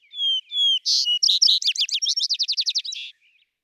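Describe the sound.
Vesper sparrow: two leisurely whistles, a pair of brighter notes, then a long, fast, even trill of chipping phrases.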